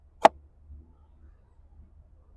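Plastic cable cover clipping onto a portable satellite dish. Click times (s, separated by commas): 0.2 s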